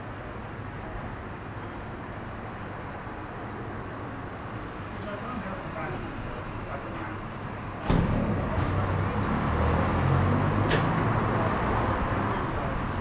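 Street ambience on a narrow city pavement outside a small bar, with a steady low rumble of traffic and faint voices. Near eight seconds the sound jumps louder as a vehicle passes, bringing deeper engine rumble and a few sharp clicks and knocks.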